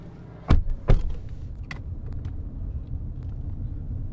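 A car's low engine rumble settles to a steady idle as it pulls up in front of an apartment building in Santa Cruz, broken early by two sharp heavy clunks and followed by a few light clicks. No one speaks.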